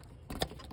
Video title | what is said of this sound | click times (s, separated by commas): 2006 CHEVY EQUINOX TROUBLE SHOOTING P0441 & P0446; VAPOR CANISTER PURGE VALVE HOSE FIX | just click it now it allows you to pop this right off | 0.3 s, 0.4 s